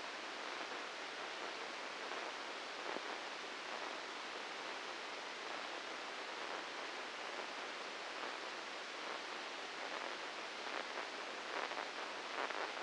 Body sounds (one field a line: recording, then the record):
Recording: brain microelectrode recording played as sound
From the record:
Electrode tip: inside the subthalamic nucleus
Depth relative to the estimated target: -3 mm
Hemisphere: right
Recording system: NeuroSet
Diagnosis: Parkinson's disease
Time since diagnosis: 8 years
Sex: male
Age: 59 years